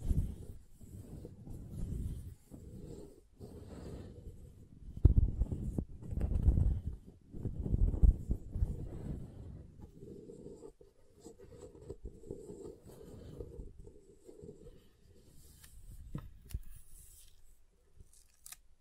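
A bar of soap is tapped and carved, with dense low scraping and knocking strokes that come in uneven bursts through the first ten seconds. After that the scraping grows softer and steadier, with a few sharp clicks and taps near the end.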